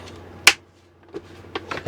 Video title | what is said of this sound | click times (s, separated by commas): Vivosun 6 inch inline fan, and carbon filter | you hear that click you're done | 0.5 s